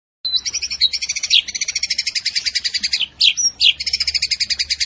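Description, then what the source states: White-rumped shama song: long runs of rapid, high buzzy trills, briefly broken by a whistle before the fast trilling resumes. Masteran training recording of a champion white-rumped shama.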